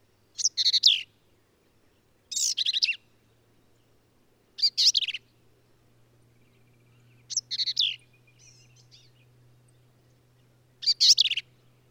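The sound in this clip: Black-capped vireo repeating five short, busy phrases of rasping and warbled notes a few seconds apart, with a low steady hum beneath.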